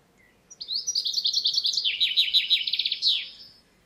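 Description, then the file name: Common chaffinch delivering a single cheerful song, a run of chips sliding lower and closing with an emphatic flourish, over quiet background. "Fringilla coelebs"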